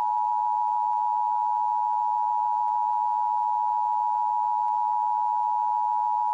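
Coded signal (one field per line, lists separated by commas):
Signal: Emergency Alert System (SAME) tones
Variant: 853 and 960 Hz attention tone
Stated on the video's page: Mock tornado warning, not a real broadcast.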